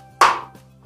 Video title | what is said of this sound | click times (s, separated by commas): LOOKING FOR LOCKABLE STEEL CABINET? CHECK OUT THIS NEW TROTTEN SLIDING DOOR CABINET FROM IKEA | and you can hear click and | 0.2 s